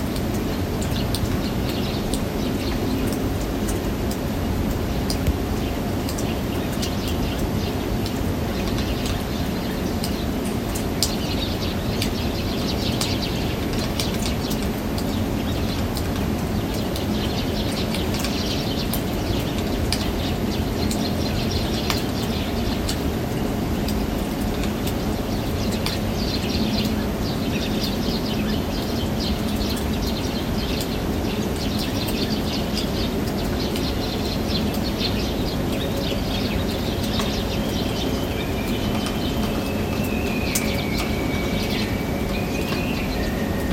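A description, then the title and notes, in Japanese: Snowmelt water drips in quick, irregular taps over a steady low outdoor rumble, with a few faint bird chirps near the end. ちなみにこれもバルコニーから録音しました。ポタポタ落ちるのは雪解けの水です。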